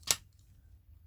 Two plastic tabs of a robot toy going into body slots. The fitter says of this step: if you hear the click.